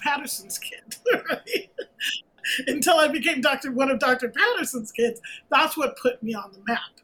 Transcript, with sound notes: Patterson's kid. [LAUGHTER] Until I became one of Dr. Patterson's kids, that's what put me on the map.